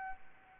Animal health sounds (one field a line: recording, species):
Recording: mosquito wingbeat signal from an infrared sensor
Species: Anopheles arabiensis